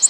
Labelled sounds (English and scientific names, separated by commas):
Nashville Warbler (Leiothlypis ruficapilla) flight call